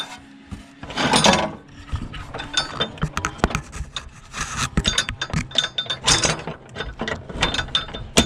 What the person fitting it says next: Zuerst eingerastet. Zweite eingerastet.